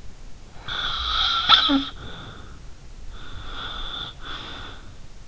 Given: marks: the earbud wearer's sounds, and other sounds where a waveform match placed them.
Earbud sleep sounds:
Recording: sounds in sleep by an in-ear microphone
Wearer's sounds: snoring breath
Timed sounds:
0.56-2.61 s: snoring breath
3.13-5.08 s: snoring breath

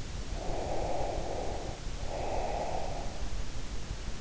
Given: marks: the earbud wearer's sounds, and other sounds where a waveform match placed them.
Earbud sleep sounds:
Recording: sounds in sleep by an in-ear microphone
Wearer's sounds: breath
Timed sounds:
0.20-3.29 s: breath

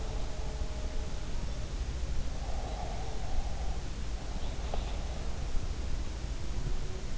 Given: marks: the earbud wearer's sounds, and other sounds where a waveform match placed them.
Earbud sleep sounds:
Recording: sounds in sleep by an in-ear microphone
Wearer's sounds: breath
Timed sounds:
2.41-3.76 s: breath

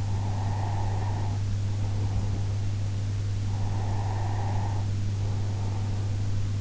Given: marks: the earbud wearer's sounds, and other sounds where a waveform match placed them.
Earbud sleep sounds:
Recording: sounds in sleep by an in-ear microphone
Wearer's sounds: breath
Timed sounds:
0.03-2.74 s: breath
3.59-6.49 s: breath

